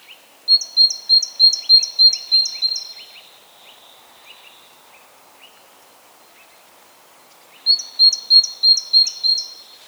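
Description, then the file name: Great tit giving rhythmic, high-pitched paired notes, a see-saw phrase repeated about eight times, then a gap and another shorter run, with faint lower chirps from other birds. "Parus major"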